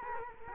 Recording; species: mosquito wingbeat signal from an infrared sensor; Culex quinquefasciatus